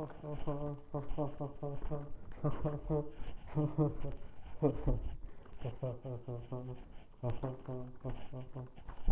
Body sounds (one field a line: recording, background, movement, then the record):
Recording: laughter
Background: quiet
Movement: walking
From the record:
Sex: male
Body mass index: 23.7 kg/m2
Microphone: on the chest, facing the body